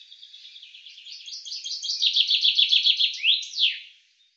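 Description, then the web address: Common chaffinch song: quiet opening notes building into a loud, rapid rattling trill, closing with a distinct downslurred flourish, with nothing else heard. "Deverinetal 2025 File cleaned normalized Bird Fr Co"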